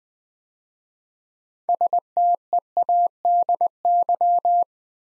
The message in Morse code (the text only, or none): STEADY